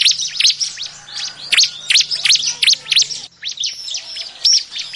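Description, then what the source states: Bar-winged Prinia song, a lively jumble of sharp high chirps and quick slurred notes, with a brief pause partway through and a faint low hum beneath. Lure call for trapping birds.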